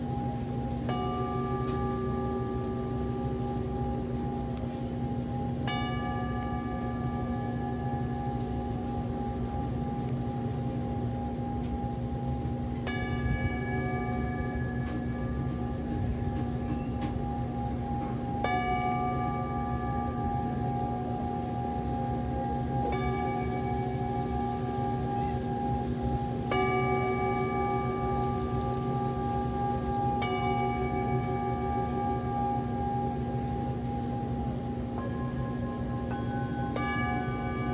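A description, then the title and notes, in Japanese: Singing bowls ring over a steady bed of rain, their long humming tones sustaining throughout. A fresh bowl strike arrives about every four to six seconds, adding bright ringing overtones that slowly fade. A constant low rumble sits beneath the even hiss of rain. 雨のビーチで稲光を眺めつつシンギングボウルのサウンドヒーリング。メキシコ。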